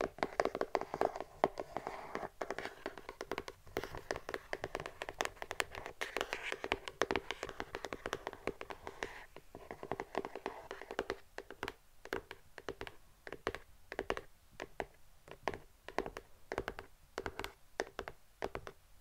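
ASMR tapping, with fingers or nails drumming quickly on a surface. For the first ten seconds or so the taps are dense and blurred together over a soft crinkly wash. After that they turn sparser and crisper, falling in a steady, regular rhythm of sharp clicks.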